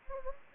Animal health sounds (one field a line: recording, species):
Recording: mosquito wingbeat signal from an infrared sensor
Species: Anopheles gambiae